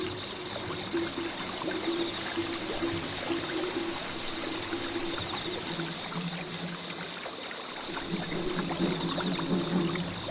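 Flowing water runs steadily throughout, a dense even rush with bright splashing textures. Low droning tones hum underneath, shifting pitch around the middle, with a brief dip near the eight-second mark before they return.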